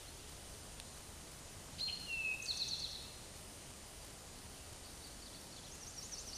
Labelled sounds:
Eastern Towhee (Pipilo erythrophthalmus) song
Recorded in a Pennsylvania forest on 17 May 2023 at 13:25
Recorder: AudioMoth, point grid1_28_low
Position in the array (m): 45 m, 69 m

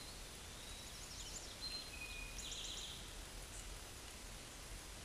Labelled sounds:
Eastern Towhee (Pipilo erythrophthalmus) song
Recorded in a Pennsylvania forest on 17 May 2023 at 13:25
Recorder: AudioMoth, point grid1_13_low
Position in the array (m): 112 m, 106 m

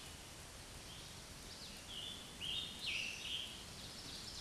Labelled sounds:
Scarlet Tanager (Piranga olivacea) song
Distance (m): 30 m
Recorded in a Pennsylvania forest on 19 May 2023 at 10:49
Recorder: AudioMoth, point grid1_26_low
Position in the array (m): 171 m, 67 m

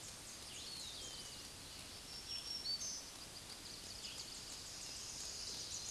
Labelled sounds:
Black-throated Green Warbler (Setophaga virens) song
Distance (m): 65 m
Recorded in a Pennsylvania forest on 20 May 2023 at 06:23
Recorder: AudioMoth, point grid1_15_low
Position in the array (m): 102 m, 159 m

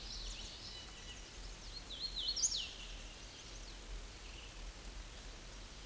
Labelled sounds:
Hooded Warbler (Setophaga citrina) song
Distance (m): 30 m
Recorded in a Pennsylvania forest on 18 May 2023 at 11:01
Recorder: AudioMoth, point grid1_13_low
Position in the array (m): 132 m, 105 m

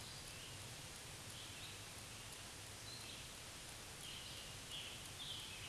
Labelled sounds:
Scarlet Tanager (Piranga olivacea) song
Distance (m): 80 m
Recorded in a Pennsylvania forest on 1 June 2023 at 08:06
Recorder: AudioMoth, point grid3_7_high
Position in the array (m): 163 m, 141 m

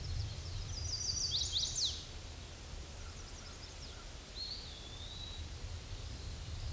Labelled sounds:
Chestnut-sided Warbler (Setophaga pensylvanica) song
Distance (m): 20 m
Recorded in a Pennsylvania forest on 18 May 2023 at 06:21
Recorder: AudioMoth, point grid1_19_low
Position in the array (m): 120 m, 209 m

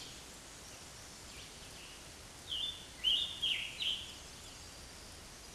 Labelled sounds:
Scarlet Tanager (Piranga olivacea) song
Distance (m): 15 m
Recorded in a Pennsylvania forest on 19 May 2023 at 11:00
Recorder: AudioMoth, point grid1_26_low
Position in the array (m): 186 m, 40 m

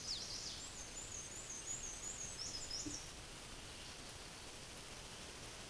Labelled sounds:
Black-and-white Warbler (Mniotilta varia) song
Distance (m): 35 m
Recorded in a Pennsylvania forest on 18 May 2023 at 13:50
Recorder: AudioMoth, point grid1_27_low
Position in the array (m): 90 m, 46 m

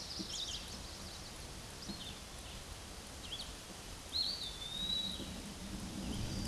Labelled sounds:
Eastern Wood-Pewee (Contopus virens) song
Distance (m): 15 m
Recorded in a Pennsylvania forest on 18 May 2023 at 10:33
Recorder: AudioMoth, point grid1_36_low
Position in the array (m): 122 m, 181 m

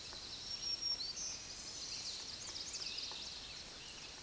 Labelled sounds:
Black-throated Green Warbler (Setophaga virens) song
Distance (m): 55 m
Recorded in a Pennsylvania forest on 20 May 2023 at 06:05
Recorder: AudioMoth, point grid1_20_low
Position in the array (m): 85 m, 178 m

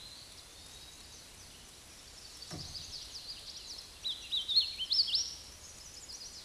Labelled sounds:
Hooded Warbler (Setophaga citrina) song
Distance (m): 20 m
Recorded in a Pennsylvania forest on 18 May 2023 at 12:50
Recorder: AudioMoth, point grid1_18_low
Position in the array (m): 157 m, 154 m

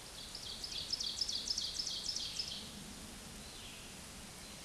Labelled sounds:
Ovenbird (Seiurus aurocapilla) song
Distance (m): 55 m
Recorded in a Pennsylvania forest on 17 May 2023 at 13:25
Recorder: AudioMoth, point grid1_6_low
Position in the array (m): 148 m, 63 m

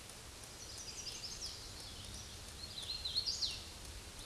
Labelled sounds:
Hooded Warbler (Setophaga citrina) song
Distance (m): 35 m
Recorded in a Pennsylvania forest on 18 May 2023 at 11:02
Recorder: AudioMoth, point grid1_8_low
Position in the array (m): 137 m, 109 m

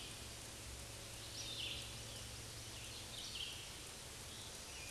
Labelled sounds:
Scarlet Tanager (Piranga olivacea) song
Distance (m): 45 m
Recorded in a Pennsylvania forest on 19 May 2023 at 09:54
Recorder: AudioMoth, point grid1_6_low
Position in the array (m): 161 m, 71 m

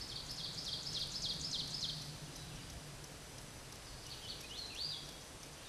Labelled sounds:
Hooded Warbler (Setophaga citrina) song
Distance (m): 45 m
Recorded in a Pennsylvania forest on 17 May 2023 at 13:42
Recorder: AudioMoth, point grid1_11_low
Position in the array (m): 226 m, 135 m

